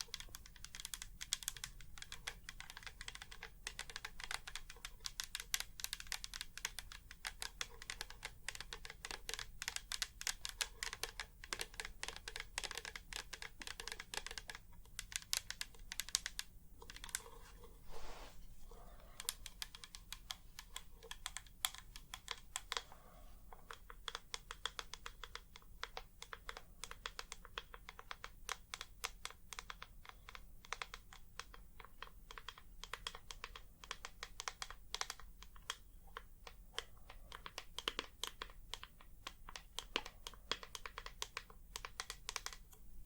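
Tapping on what sounds like a computer keyboard continues for the whole recording, in quick, uneven bursts of sharp, bright clicks. The pace stays busy with only brief pauses, such as one near seventeen seconds, over a constant low hum underneath.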